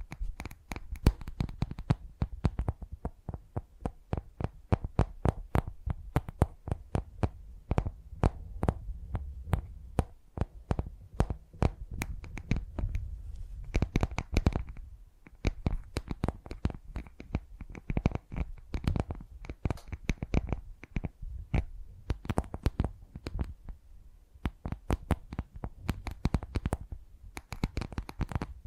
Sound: Brain Tingly Tapping Sounds